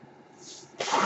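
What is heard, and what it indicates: A soft airy hiss swells and fades, then a loud rushing burst of air starts near the end. It is the airflow of a mechanical ventilator pushing a breath.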